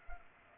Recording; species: mosquito wingbeat signal from an infrared sensor; Culex pipiens